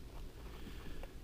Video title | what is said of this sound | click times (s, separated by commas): Most Epic Maverick 88 Mod☢️ - Converted To 590 SHOCKWAVE Clone💯 | you see right down in there there's no click there's no positive click | none